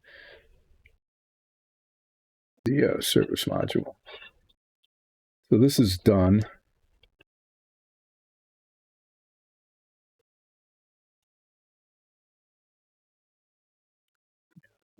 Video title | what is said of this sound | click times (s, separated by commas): More Old Man Making Old Model - Capsule Chaos | Okay, a couple of them kind of click in place, but it's there. | 7.0 s, 7.2 s, 14.6 s